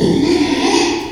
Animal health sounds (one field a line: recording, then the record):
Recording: squeal of a Yucatan mini pig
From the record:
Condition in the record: after surgery on the right vocal fold (resection and tissue-engineered implant)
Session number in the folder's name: 2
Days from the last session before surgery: 13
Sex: male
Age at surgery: 12 weeks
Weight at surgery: 13 kg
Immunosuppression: cyclosporine, prednisolone